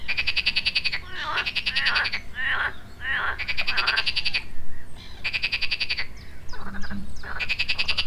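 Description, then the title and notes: Rattling frog croaks in dense bursts, alternating with shorter, gurgling notes from other frogs, steady calling across the whole stretch. Frogs at the edge of a pond on the banks of the Marne, Parc de la Haute-Île, Neuilly-sur-Marne, France; early afternoon; recorded with a DR-40X. "Batraciens et oiseaux à la Haute-Île. En début d'après midi, les oiseaux marins (et d'autres), des grenouilles au bord d'un des étangs en bordure de la Marne. Enregistreur: DR-40X"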